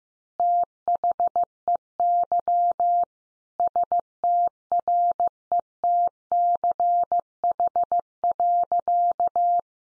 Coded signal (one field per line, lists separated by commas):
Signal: Morse code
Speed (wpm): 15 wpm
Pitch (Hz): 700 Hz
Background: none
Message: THEY STRETCH.